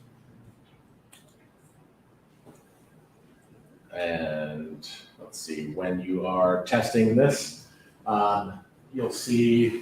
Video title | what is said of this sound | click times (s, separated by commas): LG Solution Training | same thing here make sure when you connect it you also press down the red tab click into place | 1.1 s